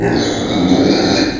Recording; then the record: squeal of a Yucatan mini pig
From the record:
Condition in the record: before surgery on the right vocal fold (resection and tissue-engineered implant); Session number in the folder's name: 1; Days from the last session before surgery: -21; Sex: female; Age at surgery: 19 weeks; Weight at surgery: 25 kg